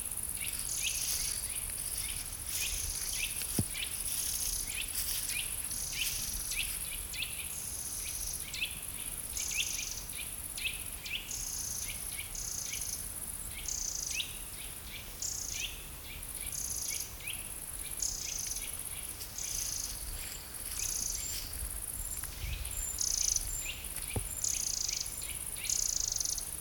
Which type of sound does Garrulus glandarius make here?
call